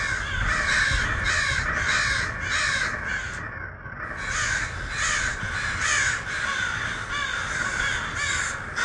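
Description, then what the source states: Crows cawing: many harsh, hoarse caws overlap in a steady chorus, a call every half second or so, with a brief lull near the middle. A flock of crows.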